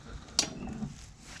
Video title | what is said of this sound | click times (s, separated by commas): trouble starting a lawn mower in the cold. | put your connector plug wire back in you're gonna hear a snap | 0.4 s